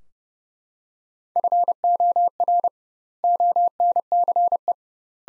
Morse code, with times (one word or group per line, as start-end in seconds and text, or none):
1.4-2.7 FOR
3.2-4.7 ONCE